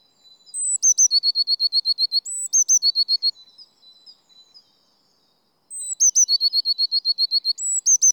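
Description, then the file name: Eurasian blue tit singing: thin high notes, then a fast run of short, sharp notes, the phrase repeated several times with a quiet pause midway. "Cyanistes caeruleus"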